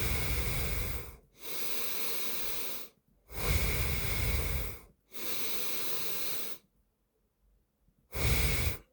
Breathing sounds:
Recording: nose breathing near a microphone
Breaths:
0.00-1.14 s: exhalation
1.14-2.84 s: inhalation
2.84-4.79 s: exhalation
4.79-6.54 s: inhalation
7.74-8.93 s: exhalation
From the record:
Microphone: phone

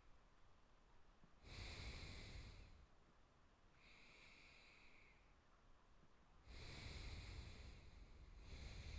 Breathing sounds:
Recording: nose breathing near a microphone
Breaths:
0.00-0.39 s: inhalation
1.46-2.88 s: exhalation
3.73-5.55 s: inhalation
6.54-8.99 s: exhalation
From the record:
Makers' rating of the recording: good

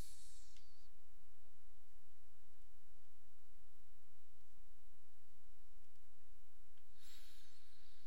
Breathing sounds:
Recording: nose breathing near a microphone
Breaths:
0.00-0.49 s: exhalation
6.69-8.07 s: inhalation
From the record:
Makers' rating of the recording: medium

